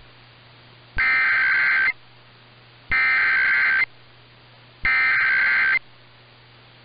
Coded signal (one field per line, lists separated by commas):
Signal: Emergency Alert System (SAME) tones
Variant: header bursts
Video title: FOUND Colorado AMBER Alert (EAS #9010-9011) 11/9/22